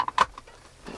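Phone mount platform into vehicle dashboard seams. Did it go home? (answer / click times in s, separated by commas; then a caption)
yes / 0.1 s, 0.2 s. A plastic ProClip Extra Strength phone mounting platform with double-stick tape is pushed into the groove and seams of the center dashboard of a Jeep Wrangler JK. Sharp plastic clicks sound at 0.1 s and 0.2 s, followed by a fainter tick near 0.4 s and low background noise. The mount is seated, clipped into the dashboard seam.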